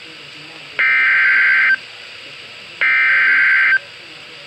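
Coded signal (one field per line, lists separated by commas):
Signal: Emergency Alert System (SAME) tones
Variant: header bursts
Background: speech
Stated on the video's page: Real severe thunderstorm warnings issued by the National Weather Service with EAS activation requested.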